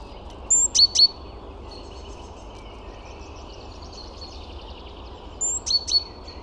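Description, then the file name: Great tit calls: a short high whistle and two sharp downward notes, a quiet buzzy stretch, then the same three-note phrase repeated near the end. "Parus major"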